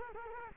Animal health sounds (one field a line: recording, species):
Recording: mosquito wingbeat signal from an infrared sensor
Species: Culex quinquefasciatus